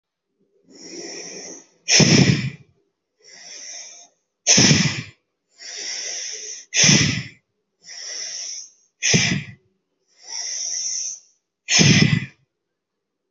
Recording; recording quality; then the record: deep breathing; excellent, no background noise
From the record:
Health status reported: healthy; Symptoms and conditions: none ticked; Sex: female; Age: 31 years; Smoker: not ticked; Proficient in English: yes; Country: India